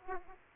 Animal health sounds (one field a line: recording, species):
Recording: mosquito wingbeat signal from an infrared sensor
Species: Aedes aegypti